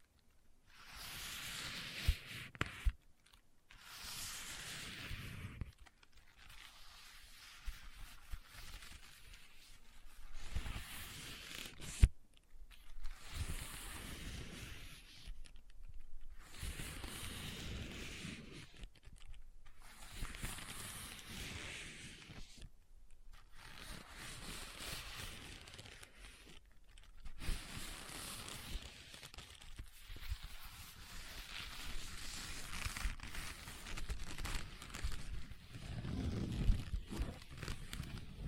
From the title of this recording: Leather Tapping & Scratching Sounds